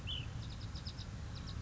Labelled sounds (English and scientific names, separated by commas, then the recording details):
Ash-throated Flycatcher (Myiarchus cinerascens)
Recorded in Sonoma County, California